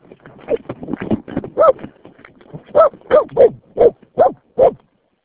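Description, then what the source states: Dog barking, with softer yips and grunts early on, then several louder barks with a slightly tonal ring. Dog named Santra.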